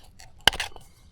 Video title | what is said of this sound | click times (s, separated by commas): Ford Transit Oil Change Mk7 2006-2013 Turbo diesel 2.4 (QUICK and EASY!) | and there you go we're here to click and we're good | 0.5 s